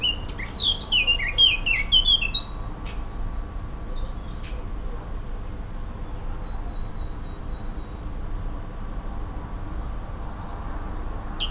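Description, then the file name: Eurasian blackcap: a brief scratchy warbling phrase at the start, then faint scattered notes over constant background noise. "Sylvia atricapilla"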